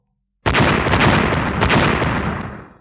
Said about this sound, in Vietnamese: Ba tiếng nổ liên tiếp vang lên, quyền đầu màu vàng của Diệp Hàm với khí thế nghiền áp, không gì có thể chống đỡ.